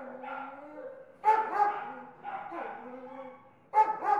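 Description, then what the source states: Dog whining in drawn-out tones, broken by loud sharp double barks. Kennel ambience with dogs.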